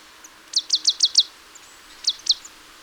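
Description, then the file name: Marsh tit call, a fast series of five bright, high chipping notes followed almost a second later by a paired couplet of the same sharp notes. "Poecile palustris"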